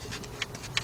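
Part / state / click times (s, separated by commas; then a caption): engine sensor wiring connector onto sensor / not seated / none. A second plastic engine sensor electrical connector is pushed onto its sensor up on the engine of a BMW (328i/328xi/525i/525xi/528i/740i/740Li/X3/X5) during an oil cooler filter adapter gasket replacement. Light handling rustle is heard, with brief sharp ticks around 0.4 s and 0.8 s. The connector has not snapped into place yet, and nothing has seated.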